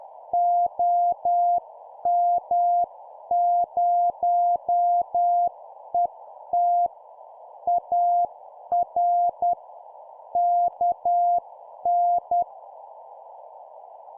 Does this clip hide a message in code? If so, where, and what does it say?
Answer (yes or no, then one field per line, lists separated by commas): yes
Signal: Morse code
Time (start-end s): 0.3-12.4 s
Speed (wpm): 10 wpm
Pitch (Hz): 700 Hz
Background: none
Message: OM0ET AR KN